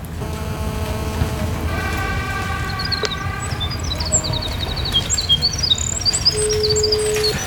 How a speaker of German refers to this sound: Ich wundere, dass es so leise ist. Das war ein Zaunkönig gewesen. Ja, okay. Das Zwitschern eines Zaunkönigs.